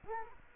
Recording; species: mosquito wingbeat signal from an infrared sensor; Culex quinquefasciatus